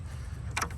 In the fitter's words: They snap right in.